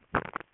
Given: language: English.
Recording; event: throat vibration sensor signal played as sound; swallow